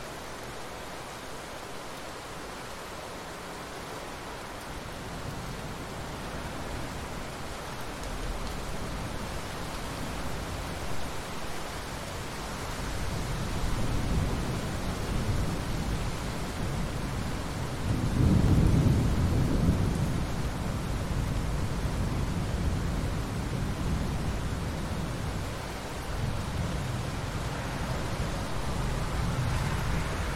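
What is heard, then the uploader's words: Steady night rain hisses throughout while low thunder rumbles roll in and swell, loudest around eighteen to twenty seconds, then recede. Rain and the Sound of Thunder at Night.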